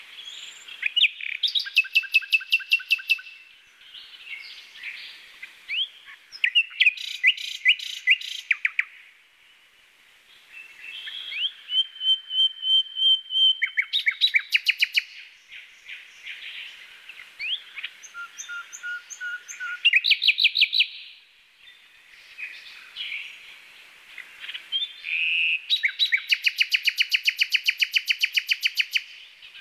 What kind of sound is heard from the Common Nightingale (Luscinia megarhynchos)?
song